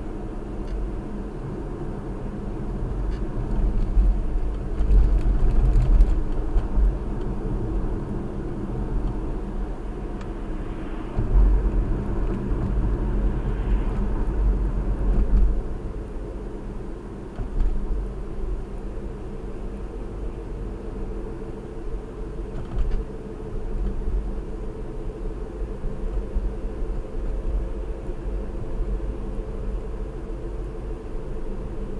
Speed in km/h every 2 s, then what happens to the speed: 58, 58, 56, 58, 58, 58, 53, 53, 50, 50, 50, 50, 50, 50, 50, 50.
0-10 steady at about 58. 10-16 slows to 50. 16-32 steady at about 50.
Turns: none.